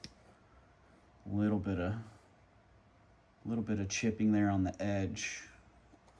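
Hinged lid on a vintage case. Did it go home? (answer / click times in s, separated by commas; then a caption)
no / none. A hinged lid on a vintage case with slight chipping on its edge is handled while someone talks, and a brief faint tick is heard at the very start. The lid has not snapped shut yet; nothing has seated or clicked in this clip.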